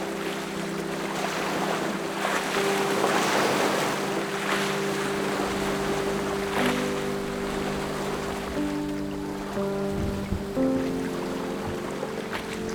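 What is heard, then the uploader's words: Waves splash steadily as a boat goes by, its engine a low droning hum whose tones shift in pitch after about eight seconds. Splashing Waves as the Boat Goes.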